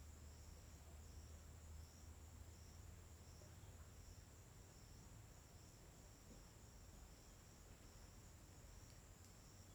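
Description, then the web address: Crickets keep up a high, continuous trill over a steady low background rumble. Daytime ambience at a riverside in forest in Tocantins, with crickets described as uniform. "Ambiente na beira do rio na mata com passaros e grilos homogeneos dia. local tocantins"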